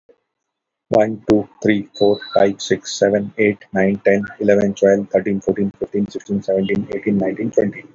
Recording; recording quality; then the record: counting at a fast pace; excellent, no background noise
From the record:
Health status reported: healthy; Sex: male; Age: 41 years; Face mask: not worn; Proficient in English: yes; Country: India